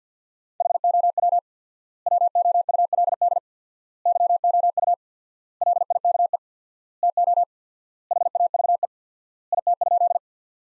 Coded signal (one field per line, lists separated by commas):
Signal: Morse code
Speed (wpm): 50 wpm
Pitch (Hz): 700 Hz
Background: none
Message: HOW WOULD YOU LIKE TO HAVE IT?